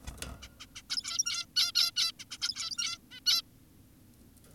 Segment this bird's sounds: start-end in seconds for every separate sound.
0.07-0.11, 0.42-0.49, 0.60-0.66, 0.76-0.82, 0.90-1.46, 1.56-1.72, 1.75-1.92, 1.96-2.12, 2.20-2.25, 2.31-2.38, 2.42-2.98, 3.11-3.20, 3.26-3.42